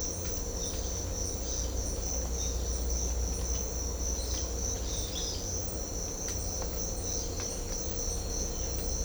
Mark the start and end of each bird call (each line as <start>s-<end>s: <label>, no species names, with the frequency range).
4.20s-5.43s: bird call (2.3-5.9 kHz)